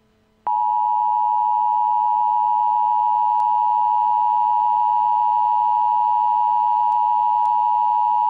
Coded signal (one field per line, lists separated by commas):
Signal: Emergency Alert System (SAME) tones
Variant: 853 and 960 Hz attention tone